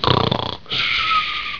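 A half-second rattling, fluttering breath is followed by a brief pause, then a whistling, tonal outbreath lasting about a second. This is a single snore from an adult sleeper, made by soft tissues of the upper airway vibrating during sleep.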